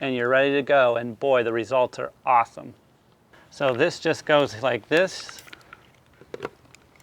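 Someone talks, then pushes and handles a foam cannon attachment against a garden hose quick-connect adapter for washing a Tesla Model 3. A few faint, sharp handling taps and scrapes come between 5.7 and 7.0 seconds. Nothing has clicked or seated yet when the clip ends.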